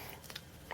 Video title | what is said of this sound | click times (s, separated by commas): Samsung Ativ S unboxing and first impressions | like so clicks into place | 0.4 s, 0.7 s